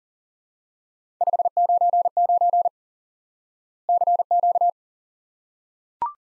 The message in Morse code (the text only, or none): 599 CQ